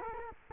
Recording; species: mosquito wingbeat signal from an infrared sensor; Culex quinquefasciatus